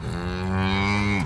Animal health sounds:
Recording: contact call of a hoofed animal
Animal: cattle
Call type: low-frequency (closed-mouth) or high-frequency (open-mouth) call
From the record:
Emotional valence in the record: negative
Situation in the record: full separation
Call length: 1.26 s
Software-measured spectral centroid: 2160 Hz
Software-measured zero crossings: 1610 a second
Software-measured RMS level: -24 dBFS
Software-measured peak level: -12 dBFS

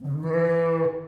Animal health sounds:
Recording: contact call of a hoofed animal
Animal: sheep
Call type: low-frequency (closed-mouth) or high-frequency (open-mouth) call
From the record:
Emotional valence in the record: negative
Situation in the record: short social isolation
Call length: 1.08 s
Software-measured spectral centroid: 1050 Hz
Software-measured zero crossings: 840 a second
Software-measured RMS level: -24 dBFS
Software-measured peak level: -13 dBFS

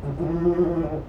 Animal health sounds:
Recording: contact call of a hoofed animal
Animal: goat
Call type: low-frequency (closed-mouth) or high-frequency (open-mouth) call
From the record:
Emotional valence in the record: positive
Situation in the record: food anticipation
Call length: 1.08 s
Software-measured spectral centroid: 860 Hz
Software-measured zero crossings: 700 a second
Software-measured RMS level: -24 dBFS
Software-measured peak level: -11 dBFS

